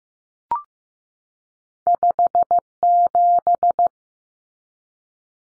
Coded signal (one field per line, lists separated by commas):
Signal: Morse code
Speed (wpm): 15 wpm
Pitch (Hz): 700 Hz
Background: none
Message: 57